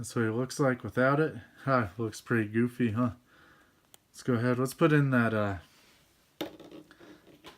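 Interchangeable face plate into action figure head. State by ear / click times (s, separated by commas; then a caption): seated / 6.4 s. Someone talks while an alternate angry face sculpt made of plastic is fitted into the head of a sixth-scale Hot Toys Daredevil action figure. The face plate pops into place with a sharp click at 6.4 s, followed by a few faint handling taps, and it is seated.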